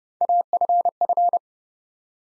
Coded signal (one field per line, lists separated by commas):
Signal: Morse code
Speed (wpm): 30 wpm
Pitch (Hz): 700 Hz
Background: none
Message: AFF